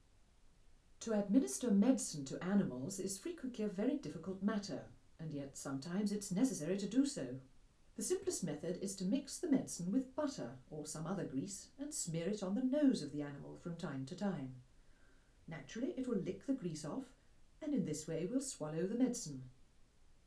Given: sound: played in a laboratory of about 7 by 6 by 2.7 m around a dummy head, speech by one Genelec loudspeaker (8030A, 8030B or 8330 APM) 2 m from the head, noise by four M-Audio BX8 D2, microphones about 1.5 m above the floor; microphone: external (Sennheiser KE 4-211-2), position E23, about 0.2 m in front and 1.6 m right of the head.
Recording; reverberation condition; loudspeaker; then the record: female speech in English; low; 30 degrees to the right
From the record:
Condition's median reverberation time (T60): about 310 ms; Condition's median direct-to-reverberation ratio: about 3.5 dB